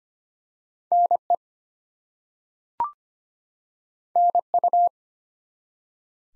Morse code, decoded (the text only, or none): NE NU